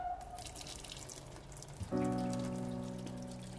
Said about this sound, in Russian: По темному коридору проходит в темную кухню, подходит к раковине. Открывает кран.